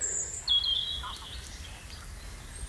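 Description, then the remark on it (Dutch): Birds starting their dawn song, with a few thin, high-pitched whistled notes drawn out over a soft low rumble. The calls are fairly faint and there's no talking. “Gewoonlijk hebben ze dan even niet kunnen zingen en dan wil ze de schade zo wat inhalen.”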